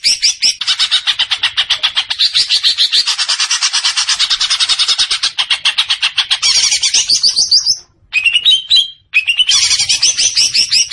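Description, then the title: Leafbird song, a long fast stream of scratchy, buzzy notes, then brief gaps and rising whistled slurs near the end. Singing actively (gacor). "Cucak Ijo Gacor"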